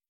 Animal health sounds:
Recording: hydrophone in a shrimp aquaculture tank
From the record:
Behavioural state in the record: stressed

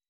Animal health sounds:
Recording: hydrophone in a shrimp aquaculture tank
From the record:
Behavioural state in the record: weakened

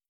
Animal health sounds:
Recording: hydrophone in a shrimp aquaculture tank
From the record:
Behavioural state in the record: starved

